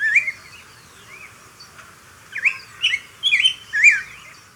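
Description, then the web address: Southern yellow grosbeak uttering a brief whistled note, then after a pause a run of four slurred, warbled whistles in quick succession. Recorded in Ecuador. "Birds of Ecuador. Southern Yellow Grosbeak"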